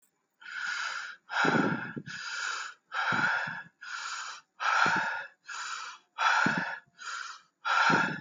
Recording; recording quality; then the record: deep breathing; excellent, no background noise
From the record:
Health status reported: healthy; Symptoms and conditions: none ticked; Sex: male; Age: 33 years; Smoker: not ticked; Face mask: not worn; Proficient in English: yes